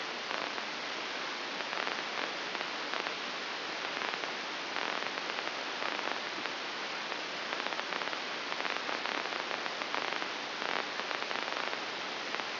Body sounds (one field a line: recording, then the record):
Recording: brain microelectrode recording played as sound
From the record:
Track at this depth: outside the subthalamic nucleus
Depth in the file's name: 7.26 mm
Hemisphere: left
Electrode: 2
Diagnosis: Parkinson's disease